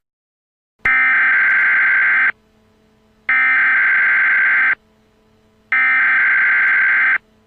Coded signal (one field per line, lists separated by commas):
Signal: Emergency Alert System (SAME) tones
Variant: header bursts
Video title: EAS MOCK - Attack on Story Land